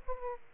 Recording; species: mosquito wingbeat signal from an infrared sensor; Aedes aegypti